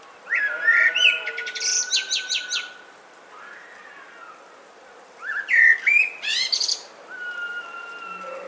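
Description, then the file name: Common blackbird singing two phrases a few seconds apart, each opening with rich fluted warbles and trailing into thin, high scratchy twittering, while long thin whistles sound in the background. "Turdus merula"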